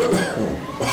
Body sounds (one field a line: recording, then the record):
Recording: coughing mixed with background sound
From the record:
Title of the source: Residual Phlegmy Morning Coughing and Gagging